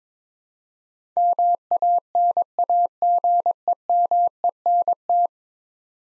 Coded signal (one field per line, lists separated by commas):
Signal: Morse code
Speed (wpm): 21 wpm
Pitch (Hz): 700 Hz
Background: none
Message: MANAGEMENT